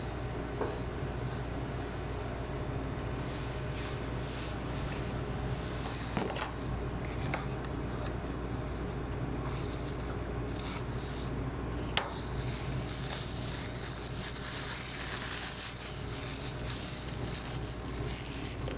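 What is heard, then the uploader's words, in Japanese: A natto omelette cooking in the pan, heard as a steady, dense sizzle over a constant low hum, like a kitchen fan. Sharp clicks of a utensil land around six and twelve seconds, and the hiss brightens slightly near the end. 納豆オムレツを混ぜている音～焼いている最中の音。納豆オムレツを混ぜる。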